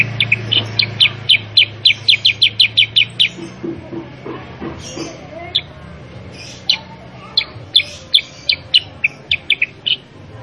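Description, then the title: Sooty-headed bulbul singing bursts of quick, bright chirping notes in rapid series, pausing briefly midway, then resuming the repeated chirps, with a low hum early on. Caged-bird training (masteran) recording of a persistently singing, 'super gacor' sooty-headed bulbul, meant to get other kept birds to answer and copy its song. "Masteran Kutilang Sutra. Kutilang Sutra mana YANG GAK NYAUT dan IKUT BUNYI GACOR dengan suara Kutilang Sutra Super GACOR Ini"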